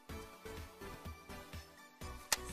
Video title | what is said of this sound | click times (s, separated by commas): Barbie® Dreamhouse® Step by Step Assembly Video V1.0.1 | push it until you hear it click snap | 2.3 s